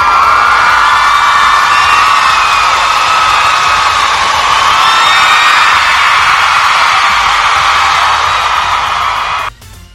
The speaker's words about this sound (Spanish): Una ovación.